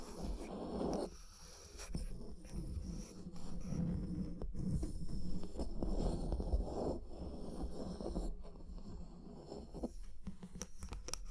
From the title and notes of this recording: Tapping and Scratching (No Talking).